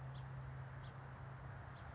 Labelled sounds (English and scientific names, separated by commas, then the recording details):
House Finch (Haemorhous mexicanus)
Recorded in Sonoma County, California